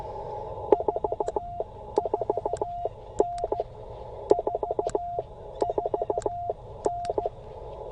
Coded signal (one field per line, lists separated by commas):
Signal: Morse code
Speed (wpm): 17 wpm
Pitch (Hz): 700 Hz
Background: none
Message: 44N 44N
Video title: CW Key Failure during POTA!!! Thank goodness for spares